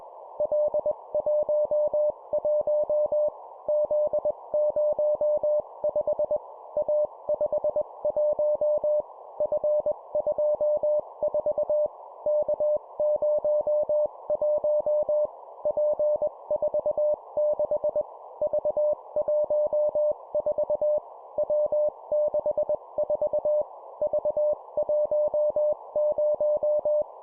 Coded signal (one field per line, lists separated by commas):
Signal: Morse code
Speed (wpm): 21 wpm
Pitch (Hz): 600 Hz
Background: none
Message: L11 Z05 A51 F24 K01 P46 V14 W64 V10